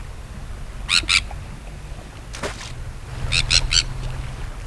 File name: Kentsk tarna